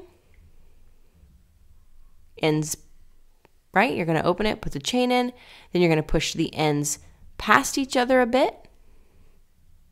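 A metal jewelry jump ring is handled with pliers around a chain: it is opened, the chain is put in, and its ends are pushed past each other a bit, with faint brief ticks near 0.3 s and 3.5 s while someone talks throughout. The ring has not closed into place yet, and nothing has clicked.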